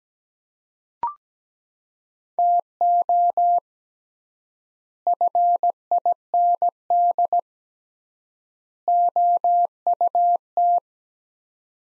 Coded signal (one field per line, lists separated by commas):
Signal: Morse code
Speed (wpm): 17 wpm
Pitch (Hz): 700 Hz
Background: none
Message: TO FIND OUT